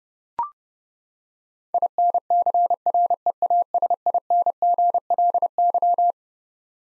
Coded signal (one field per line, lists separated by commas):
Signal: Morse code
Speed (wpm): 32 wpm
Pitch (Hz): 700 Hz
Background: none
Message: INCREASINGLY